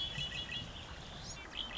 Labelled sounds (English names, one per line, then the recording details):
Red-winged Blackbird
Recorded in Sonoma County, California